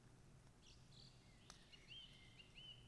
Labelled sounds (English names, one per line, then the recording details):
Song Thrush
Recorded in Germany
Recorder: ecoPi